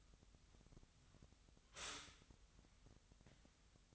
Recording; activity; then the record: daily activity, microphone in the room; stop toaster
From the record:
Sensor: 3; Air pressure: 1001.8 hPa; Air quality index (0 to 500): 245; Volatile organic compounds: 48 ppm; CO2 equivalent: 3272 ppm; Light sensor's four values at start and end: 14/42/18/15 and 14/42/18/15